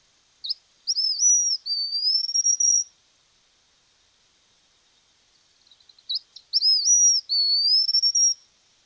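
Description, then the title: White-naped xenopsaris song: two high, thin whistled phrases, each starting with brief twisting notes and drawing out into a long wavering whistle, separated by a few seconds of quiet. Nominate subspecies albinucha. "LuckyPassaro Completos2Sama. White-naped Xenopsaris (Xenopsaris albinucha albinucha)"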